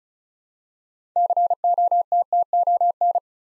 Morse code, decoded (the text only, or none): COTTON